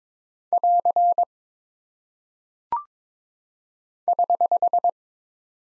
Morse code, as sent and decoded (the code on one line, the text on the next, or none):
.-.-. / ........
<AR> <HH>